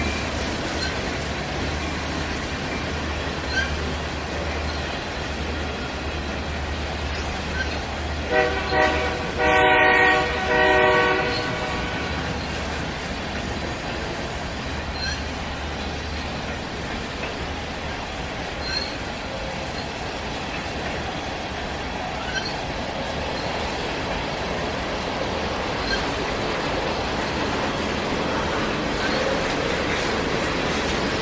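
A train rolls steadily along the tracks with a low rumble, and a loud horn blast sounds around the ten-second mark before the rumble continues.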